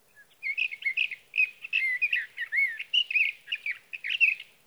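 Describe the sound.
Sage thrasher song, a long unbroken run of rapid warbled, scratchy phrases mixing high slurred whistles and buzzy notes, going on for about four seconds without pause.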